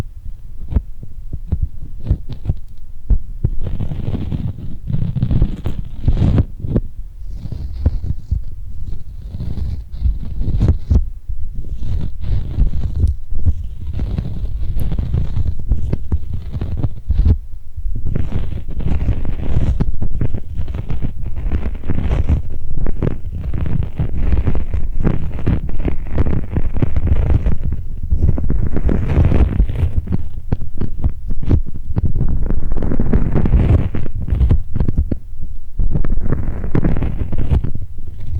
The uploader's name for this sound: Tingly Glued Hand Sounds